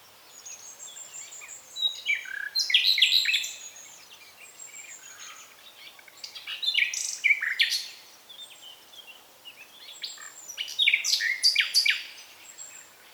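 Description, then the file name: Common nightingale song in three loud bursts of sharp, varied chirps and clicks separated by quieter pauses. "Luscinia megarhynchos"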